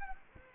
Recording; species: mosquito wingbeat signal from an infrared sensor; Culex quinquefasciatus